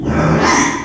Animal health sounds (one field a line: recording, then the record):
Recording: squeal of a Yucatan mini pig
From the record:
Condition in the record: after surgery on the right vocal fold (resection and tissue-engineered implant)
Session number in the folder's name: 3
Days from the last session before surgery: 33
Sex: male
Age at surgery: 12 weeks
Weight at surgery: 13 kg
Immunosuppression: cyclosporine, prednisolone